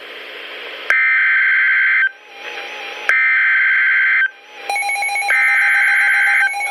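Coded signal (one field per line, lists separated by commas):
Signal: Emergency Alert System (SAME) tones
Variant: header bursts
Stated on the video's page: Severe thunderstorm warning received from a NOAA weather radio station.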